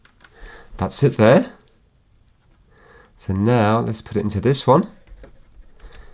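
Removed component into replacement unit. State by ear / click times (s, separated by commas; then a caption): seated / 5.2 s. A part just removed from one unit during a repair is pushed into a replacement unit; someone talks, and there are small taps and handling sounds. The part clicks into place at 5.2 s and is seated.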